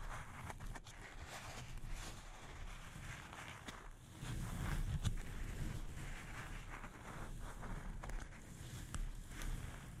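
Delicate scratching and tapping on a microphone, a dense rustling texture with a strong low rumble underneath. Sharp taps cut through irregularly, clustering around the first second, mid-clip and near the end, and things grow slightly louder after four seconds.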